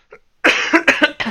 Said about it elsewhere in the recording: I had a COVID week slash pretty hectic. How was having COVID and being quarantined? You can hear the cough still.